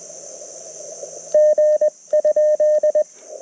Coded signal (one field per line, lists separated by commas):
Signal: Morse code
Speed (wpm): 21 wpm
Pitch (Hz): 1800 Hz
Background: radio noise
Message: G?